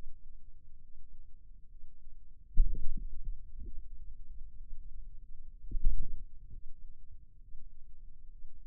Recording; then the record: forearm muscle sounds (acoustic myography)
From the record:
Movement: radial deviation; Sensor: system 2, bracelet of six BSWA MPA416 microphones around the upper forearm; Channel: 5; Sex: male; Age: 22 years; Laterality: right